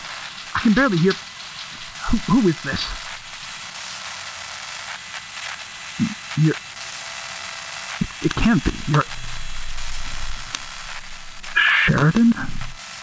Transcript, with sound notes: I can barely hear… Who is this?
[Distortion becomes overwhelming]
You… It can’t be… You’re…
Sheridan?